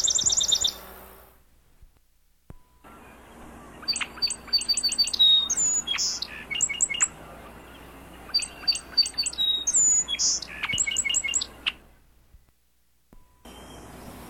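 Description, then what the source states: Song sparrow delivering repeated songs of clipped high notes, quick trills and buzzy phrases over a steady low background hum. Song sparrow, from marsh bird survey training material.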